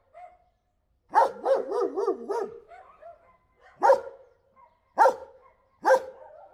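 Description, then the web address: German Shepherd giving a quick wavering run of yelping barks, then three separate sharp barks about a second apart. Friendly barking of a German Shepherd watchdog, recorded at Perkupa in 2014. "hazorzo 2014 baratsagosugatas nemetjuhasz perkupa"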